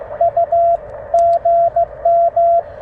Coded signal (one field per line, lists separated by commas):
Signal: Morse code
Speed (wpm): 16 wpm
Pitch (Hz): 690 Hz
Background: radio noise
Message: U GM